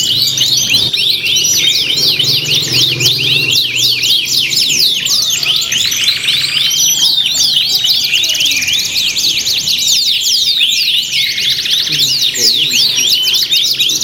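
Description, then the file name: Canaries in full song, a busy tangle of high, quick rising and falling notes and rolling trills running throughout, with a soft low hum. Simulated canary singing contest with tutor songs mixed in as fill-in material for training birds. "audio simulasi lomba kenari isian. omkicau"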